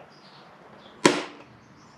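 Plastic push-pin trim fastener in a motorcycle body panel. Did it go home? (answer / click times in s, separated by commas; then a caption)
released / 1.1 s. On a 2021 Honda Trail 125, the centre of a plastic push-pin trim fastener in a motorcycle body panel is pressed down and releases with a single sharp click at 1.0 s, ringing briefly against quiet background noise. The pin is released and ready to be lifted out with a fingernail.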